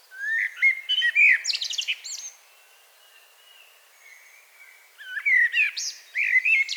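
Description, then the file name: Common blackbird song: two phrases of rich, whistled low notes, each running into a scratchy high-pitched twitter, separated by a pause. "Turdus merula"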